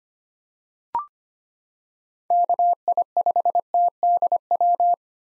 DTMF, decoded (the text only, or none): none